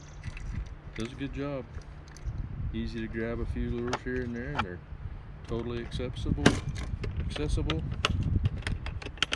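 A small plastic bin or lid on a Milwaukee Packout tool-style organizer case holding fishing lures is handled and taken out to reach the lures while someone talks. Plastic rattles and sharp handling knocks sound near the end, but the bin has not yet snapped back into place; nothing has seated or clicked yet.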